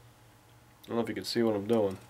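An external floor plate is being slid onto the base of a pistol magazine body while someone talks over a low background hum. The plate has not clicked into place yet, and nothing has seated by the end of the clip.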